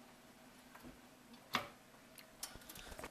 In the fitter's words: can't really see that very good on the camera cuz you can't lift it high enough but it's clicked in place